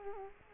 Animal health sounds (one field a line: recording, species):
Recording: mosquito wingbeat signal from an infrared sensor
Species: Culex quinquefasciatus